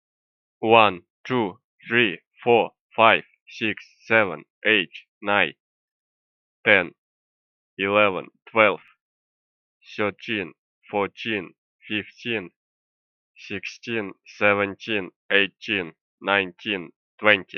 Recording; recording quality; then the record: counting at a normal pace; excellent, no background noise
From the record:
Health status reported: exposed to COVID-19, no respiratory illness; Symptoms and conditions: cough, fever, fatigue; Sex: male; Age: 35 years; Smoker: no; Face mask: not worn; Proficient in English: yes